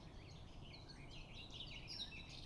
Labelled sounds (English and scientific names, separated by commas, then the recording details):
Eurasian Blackcap (Sylvia atricapilla)
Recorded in Germany
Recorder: ecoPi